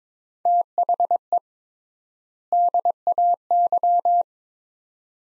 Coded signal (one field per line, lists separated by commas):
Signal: Morse code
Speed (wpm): 22 wpm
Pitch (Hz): 700 Hz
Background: none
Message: THE DAY